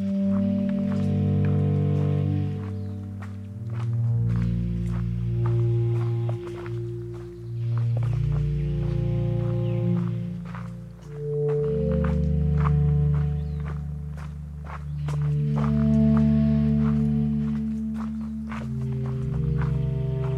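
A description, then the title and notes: A recording from Ramsey Canyon Preserve in the Huachuca Mountains of southeast Arizona: a deep, droning hum runs throughout, shifting pitch in steps every few seconds. Over it come frequent sharp taps and thumps, like footsteps, scattered irregularly across the clip. Today’s soundwalk was made on April 23, 2022 at Ramsey Canyon Preserve in the Huachuca Mountains of SE Arizona.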